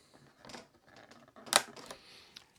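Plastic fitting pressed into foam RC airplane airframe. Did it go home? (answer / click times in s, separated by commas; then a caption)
yes / 1.6 s. A small plastic part in a hot-glued spot of the foam airframe of a Volantex TrainStar Ascent 1400mm RC trainer plane is pushed down, possibly with a screwdriver, during the build. Faint taps and rustles lead to one sharp, bright click at 1.6 s, followed by a few softer ticks. The click signals that the part has seated home.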